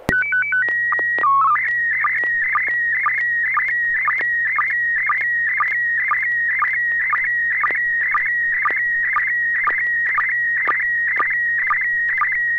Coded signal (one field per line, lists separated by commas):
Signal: SSTV (slow-scan television)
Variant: PD 120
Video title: N6NA SSTV Net - 02/22/2023